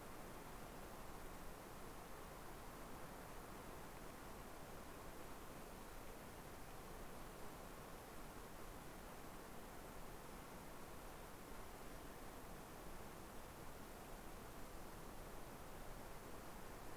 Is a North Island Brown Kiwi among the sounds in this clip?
no